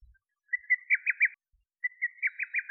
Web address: Lesser cuckoo